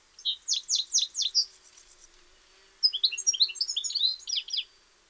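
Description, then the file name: European goldfinch calls: a run of liquid, slurred chirps followed after a pause by a quicker burst of bright, jangling twitters. "Carduelis carduelis"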